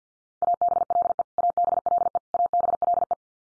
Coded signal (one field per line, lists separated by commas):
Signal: Morse code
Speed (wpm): 50 wpm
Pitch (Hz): 700 Hz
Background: none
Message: ABLE ABLE ABLE